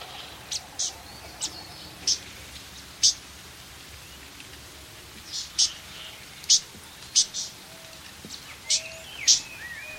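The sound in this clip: Fan-tailed warbler calling with short, sharp, high-pitched notes at irregular intervals, with other soft chirps behind.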